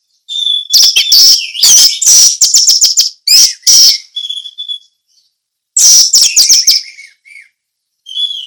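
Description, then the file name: Orange-headed thrush delivering long runs of loud, rapid, varied chirps and trills mixed with sustained whistled tones, pausing briefly before another burst. Song in the style called 'ngeplong teler'; Indonesian name anis merah. "suara anis merah ngeplong teler"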